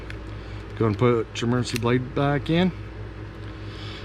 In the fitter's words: squeeze it you'll hear it snap